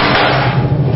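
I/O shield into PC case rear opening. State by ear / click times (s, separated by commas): not seated / none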